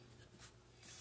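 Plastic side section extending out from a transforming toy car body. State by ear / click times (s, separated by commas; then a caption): not seated / none. A plastic side section of a transforming toy car body, Stealth Bumblebee from Transformers Allspark Power, is being pulled outward, giving soft scraping and handling noise with faint hiss and low hum. It is headed for its extended position at a ratchet joint, but nothing has seated or clicked yet.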